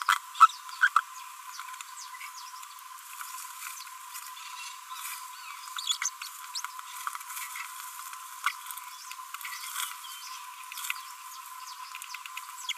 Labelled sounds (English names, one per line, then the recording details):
Green-rumped Parrotlet babbling
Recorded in a nest box in Venezuela
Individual 18B25A5